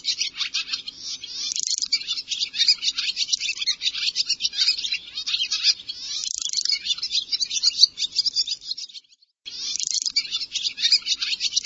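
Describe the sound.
Bird calls: continuous high, rapid chirping and twittering in overlapping bursts, with a brief pause near the end before the chatter resumes.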